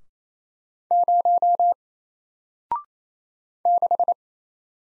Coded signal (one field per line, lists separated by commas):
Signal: Morse code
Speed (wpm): 27 wpm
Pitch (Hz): 700 Hz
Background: none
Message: 0 6